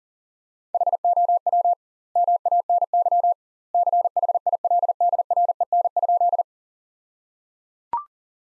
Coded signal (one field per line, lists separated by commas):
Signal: Morse code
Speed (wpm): 37 wpm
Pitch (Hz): 700 Hz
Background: none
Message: HOW MANY CHILDREN?